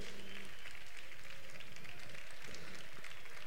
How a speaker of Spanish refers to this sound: Bueno, estas son nuestras reinas infantiles entrantes y que les vamos a recibir con este fortísimo aplauso.